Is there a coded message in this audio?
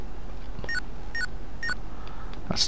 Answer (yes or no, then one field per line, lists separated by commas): no